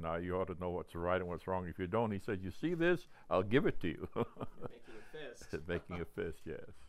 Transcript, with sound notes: You ought to know what's right and what's wrong. If you don't, " he said, "you see this, I'll give it to you." [chuckles]
Making a fist. [chuckles]
Making a fist, yes.